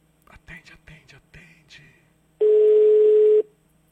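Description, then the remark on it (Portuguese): A brief stretch of low, murmured speech gives way to a single loud, steady mid-pitched ringback tone lasting about a second, the ringing heard on an outgoing phone call. “Tá chamando o telefone.”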